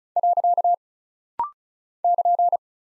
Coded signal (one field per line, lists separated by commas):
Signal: Morse code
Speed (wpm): 36 wpm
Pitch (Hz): 700 Hz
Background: none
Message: . <KN>